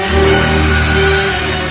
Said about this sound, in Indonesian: Oh, suara apakah itu? Anak muda, kau tahu suara apa itu tadi? Kedengarannya seperti suara auman seekor singa. Itulah teriakan temanku.